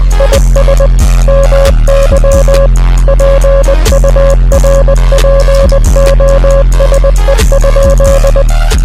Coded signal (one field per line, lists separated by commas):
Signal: Morse code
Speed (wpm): 20 wpm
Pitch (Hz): 550 Hz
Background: music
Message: IS MY PURPOSE?